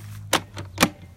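The first of two lithium battery packs is pushed down into its bay under the front cover of an EGO lawn mower. A sharp knock at 0.3 s and a softer tap near 0.6 s come before a loud, crisp click at 0.8 s, over a steady low hum. The front battery snaps into place and is seated.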